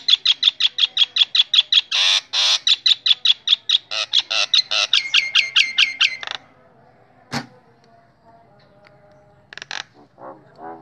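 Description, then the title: Nias hill myna song: a fast run of loud, ringing notes with a harsh burst early on, then a sharp click and scattered softer notes. Loud, very vocal singing bird, recorded as a master model for training other songbirds (masteran). "Burung Jalak Nias Gacor Suara Super Gledek Untuk Masteran"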